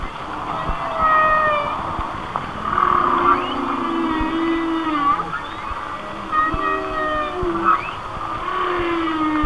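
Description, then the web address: Whale song with overlapping harmonic moans, rising sweeps and gliding notes that swell and fade in slow phrases. "Natures Songs Whale Songs Whale Songs- Mike Mc Donald"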